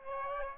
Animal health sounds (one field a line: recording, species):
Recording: mosquito wingbeat signal from an infrared sensor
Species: Aedes aegypti